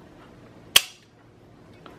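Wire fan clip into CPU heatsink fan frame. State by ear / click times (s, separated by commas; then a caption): seated / 0.8 s. A second wire retention clip is hooked into the lower hole of a CPU heatsink fan frame and snaps into place with one sharp, bright click at 0.8 s, followed by a faint tick near 1.9 s. The clip is seated.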